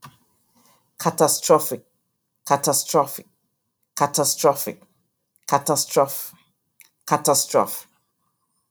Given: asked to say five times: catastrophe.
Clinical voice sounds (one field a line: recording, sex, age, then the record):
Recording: repeated word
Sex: female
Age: 50 to 59 years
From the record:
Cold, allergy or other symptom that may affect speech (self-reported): no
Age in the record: 52 years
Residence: California, United States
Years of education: 16